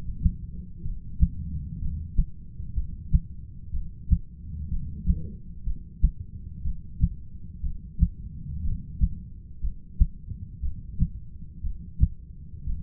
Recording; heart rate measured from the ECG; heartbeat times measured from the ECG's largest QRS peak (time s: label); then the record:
heart sounds by stethoscope; 61 bpm
0.82 s: heartbeat
1.79 s: heartbeat
2.74 s: heartbeat
3.71 s: heartbeat
4.69 s: heartbeat
5.64 s: heartbeat
6.62 s: heartbeat
7.61 s: heartbeat
8.62 s: heartbeat
9.61 s: heartbeat
10.61 s: heartbeat
11.61 s: heartbeat
12.64 s: heartbeat
From the record:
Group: heart failure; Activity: rest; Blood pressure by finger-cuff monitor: 121/82 mmHg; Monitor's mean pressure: 95 mmHg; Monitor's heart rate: 61 bpm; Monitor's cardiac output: 6.4 L/min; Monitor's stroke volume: 104 mL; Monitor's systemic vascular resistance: 1090 dyn s/cm5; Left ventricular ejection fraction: 25%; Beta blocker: metoprolol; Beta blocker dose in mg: 62.5 twice daily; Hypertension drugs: ramipril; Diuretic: furosemide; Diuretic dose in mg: 40 twice daily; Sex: male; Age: 57 years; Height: 180 cm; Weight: 90.5 kg